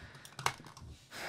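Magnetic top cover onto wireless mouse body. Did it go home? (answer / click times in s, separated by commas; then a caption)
yes / 0.5 s. The magnetic top cover of a Razer Orochi wireless mouse is put back onto the mouse body after the dongle has been stored inside, with a few soft handling taps before and after. The cover snaps into place with a sharp hit at 0.46 s and is seated, followed by a steady broadband hiss near the end.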